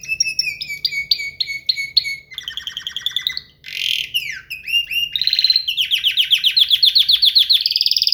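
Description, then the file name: Canary song: clear repeated whistled notes, then a fast run of buzzy rattling trills and rapid chattering rolls shifting in pitch, with hardly a break. "Gomez Juan biofonia canto canario"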